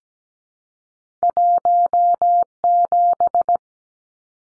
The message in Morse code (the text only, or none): 17